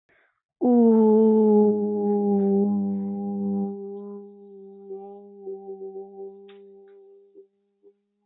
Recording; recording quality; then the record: sustained vowel as in boot; excellent, no background noise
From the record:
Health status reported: healthy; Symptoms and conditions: none ticked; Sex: female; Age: 25 years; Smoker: not ticked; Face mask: not worn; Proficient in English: yes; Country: India